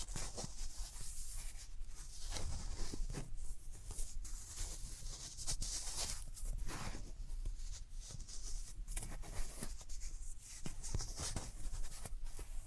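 Hands rub over ears in a continuous dry, scratchy friction with a bright hiss on top and a low rumbling thump underneath. The strokes come irregularly, roughly every second, some sharper and louder than others. No voices are heard.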